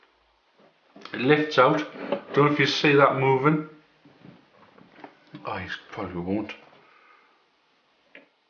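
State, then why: Seated. During a PC build, a clip-retained component is pushed down onto a desktop motherboard with firm pressure while someone talks. A single sharp click is heard at 8.2 s as the retaining clips snap over and click into place, and the part is seated.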